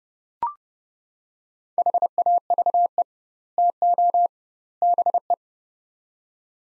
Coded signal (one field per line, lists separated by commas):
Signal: Morse code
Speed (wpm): 30 wpm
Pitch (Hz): 700 Hz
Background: none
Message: HAVE TO BE